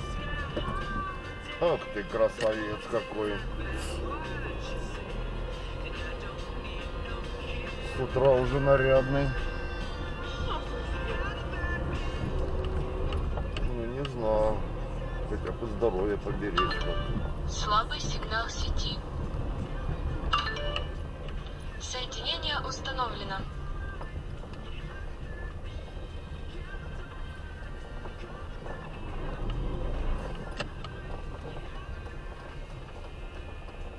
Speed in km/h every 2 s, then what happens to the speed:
16, 0, 9, 11, 9, 11, 17, 17, 17, 12, 10, 12, 11, 9, 7, 7, 9.
0-2 brakes to 0. 3-5 pulls away to 11. 9-13 speeds up to 17. 13-30 slows to 7.